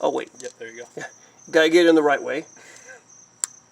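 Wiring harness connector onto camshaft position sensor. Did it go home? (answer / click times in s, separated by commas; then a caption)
yes / 3.4 s. Someone talks while an electrical wiring harness connector is turned the right way and pushed onto a brand-new bank 2 camshaft position sensor on a 4th-generation 4Runner, replaced for error code P0018. A single sharp, loud click at 3.4 s confirms the connector has seated.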